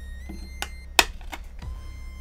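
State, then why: Seated. A Raspberry Pi board is pushed into the back of a 3D-printed NES-style plastic case, with the plastic flexed past the analog port until the ports line up. Over a steady tonal background, soft plastic clicks at about 0.6 s and 1.3 s surround one sharp, loud snap at 1.0 s. The board snaps into place and is seated.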